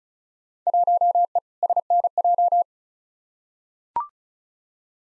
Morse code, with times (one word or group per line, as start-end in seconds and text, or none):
0.7-1.4 1E
1.6-2.6 SNJ